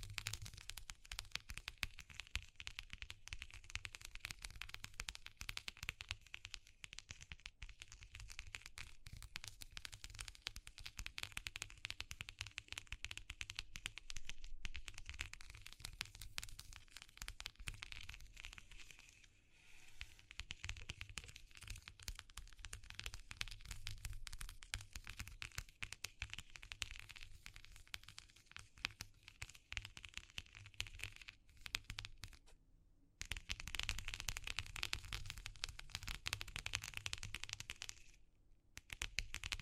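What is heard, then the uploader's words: An ASMR session of textures being explored: dense, rapid crackling and scratching runs almost without a break, bright and crisp over a steady low rumble. The activity thins briefly near twenty seconds and stops for short moments around 33 and 38 seconds. ASMR Exploring Textures (No Talking).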